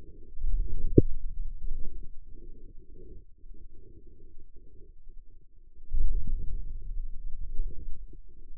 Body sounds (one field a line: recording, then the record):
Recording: forearm muscle sounds (acoustic myography)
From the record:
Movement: hand closing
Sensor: system 2, bracelet of six BSWA MPA416 microphones around the upper forearm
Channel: 5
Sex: male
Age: 22 years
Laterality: right